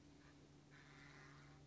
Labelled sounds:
Acorn Woodpecker (Melanerpes formicivorus)
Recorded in Sonoma County, California

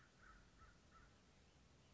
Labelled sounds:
American Crow (Corvus brachyrhynchos)
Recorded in Sonoma County, California

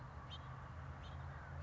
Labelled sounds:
House Finch (Haemorhous mexicanus)
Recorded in Sonoma County, California

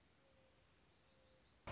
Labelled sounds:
Mourning Dove (Zenaida macroura)
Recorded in Sonoma County, California

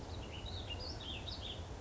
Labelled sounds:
Western Flycatcher (Empidonax difficilis)
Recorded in Sonoma County, California

